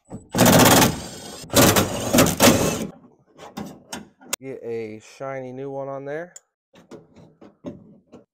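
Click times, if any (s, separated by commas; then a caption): none. A new shiny interior door handle is being fitted to the door of a 1985 Chevy Squarebody truck during a door panel refit, and someone talks. Loud broadband noise in the first three seconds gives way to scattered sharp taps and knocks, the strongest near 4.3 s, with speech in between. Nothing has seated or clicked into place yet.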